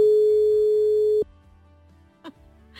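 A phone line's ringback tone as the live radio programme Andalucía ahora places a call: one loud, steady, mid-pitched beep held for just over a second, then cutting off to a faint low hum and a brief soft click.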